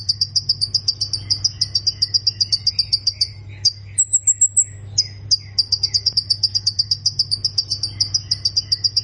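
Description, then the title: Plain prinia giving long strings of rapid high ticking notes, interrupted midway by a brief run of thinner, higher notes, then resuming; faint low hum. "Ciblek Sawah"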